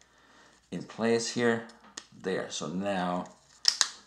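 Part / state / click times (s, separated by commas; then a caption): plastic top cover onto quadcopter frame / seated / 3.7 s, 3.8 s. The plastic top cover of a Walkera F215 racing drone is pressed down onto the quadcopter frame while someone talks. Two sharp clicks at 3.7 s and 3.8 s mark the cover snapping into place, fully seated.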